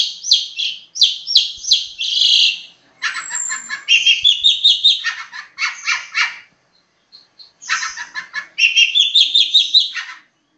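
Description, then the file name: Long-tailed shrike song in bursts: rapid trills and chattering phrases, high and buzzy, broken by short pauses, with a few faint short notes in the longest pause. Master song for training songbirds. "cendet master. omkicau"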